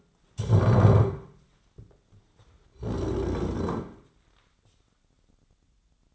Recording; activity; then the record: daily activity, microphone in the room; stand up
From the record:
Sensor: 3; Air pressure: 1009.2 hPa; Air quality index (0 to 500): 179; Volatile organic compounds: 3 ppm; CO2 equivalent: 1452 ppm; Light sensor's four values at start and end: 53/136/60/61 and 28/68/31/34